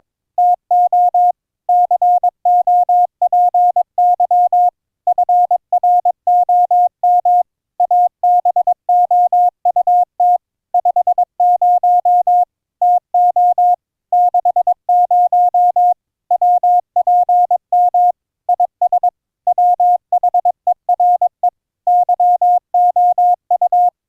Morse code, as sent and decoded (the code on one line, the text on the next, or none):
- --- / -.-. --- .--. -.-- / ..-. .-. --- -- / .- -... --- ..- - / ..... ----- / - --- / -.... ----- / .-- .--. -- / .. ... / .-- .... . .-. . / -.-- --- ..-
TO COPY FROM ABOUT 50 TO 60 WPM IS WHERE YOU